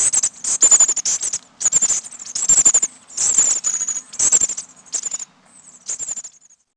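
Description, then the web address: Bird calls: very high, thin, sharp notes come in repeated bursts about a second apart, mixed with crackling, rustling noise. "Peterson North American Birds"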